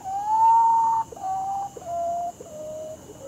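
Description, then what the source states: Common Potoo song: a mournful series of whistled notes, the first longest and slightly rising, each following note stepping lower in pitch, over a faint steady high hum. Played as a mystery animal sound; sometimes called a ghost bird.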